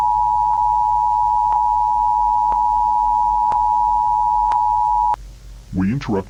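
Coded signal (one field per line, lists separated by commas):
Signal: Emergency Alert System (SAME) tones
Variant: 853 and 960 Hz attention tone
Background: speech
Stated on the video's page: Simulated EAS tones in a fictional Godzilla attack scenario.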